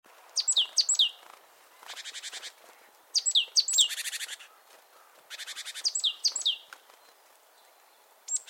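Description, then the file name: Great tit giving pairs of sharp, steeply falling high notes alternating with harsh, buzzy rattling churrs, repeated several times. "Parus major"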